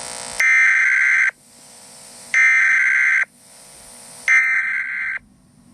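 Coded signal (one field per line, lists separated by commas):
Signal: Emergency Alert System (SAME) tones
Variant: header bursts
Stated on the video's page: Fictional EAS scenario.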